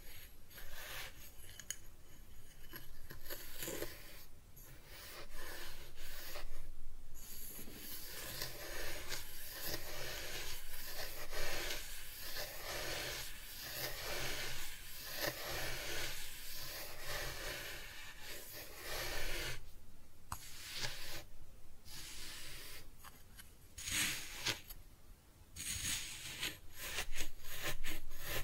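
Kinetic sand being cut and scooped, a soft, grainy rubbing and scraping that runs almost without pause. The texture is dense and bright, pulsing with short strokes, and brief quiet gaps break it around 4, 7, 20 and 24 seconds.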